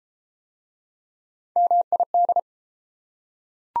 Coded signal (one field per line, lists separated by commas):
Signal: Morse code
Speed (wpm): 28 wpm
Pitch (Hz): 700 Hz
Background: none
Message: MID